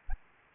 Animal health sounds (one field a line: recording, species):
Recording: mosquito wingbeat signal from an infrared sensor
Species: Aedes aegypti